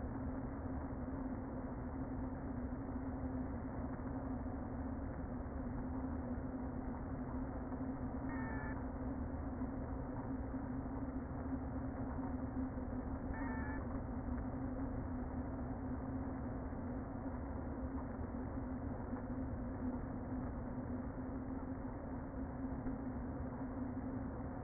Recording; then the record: honeybee colony, microphone inside the hive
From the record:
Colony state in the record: queen present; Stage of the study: before two queens were removed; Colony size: about 60,000 bees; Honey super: yes